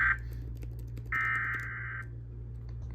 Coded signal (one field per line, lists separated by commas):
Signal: Emergency Alert System (SAME) tones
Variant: header bursts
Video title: (EAS #2,955 - #2,965) AN UNWANTED BIRTHDAY PARTY GUEST - EAS Alerts from 5/30/26 - 6/1/26